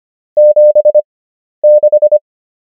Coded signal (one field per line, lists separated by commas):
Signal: Morse code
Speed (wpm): 25 wpm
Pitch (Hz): 600 Hz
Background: none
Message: 76